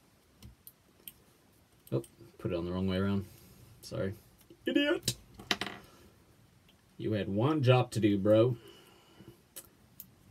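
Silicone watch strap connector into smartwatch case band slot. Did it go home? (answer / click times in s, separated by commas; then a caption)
yes / 10.0 s. A silicone sport watch strap's connector is slid into the band slot on a smartwatch case until it locks and seats with a click at 10.0 s. Someone talks, and sharp clicking and handling sounds come before it.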